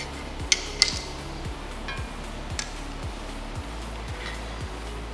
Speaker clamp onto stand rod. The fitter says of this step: Loosen the clamp, open it up, pop it in place until it clicks,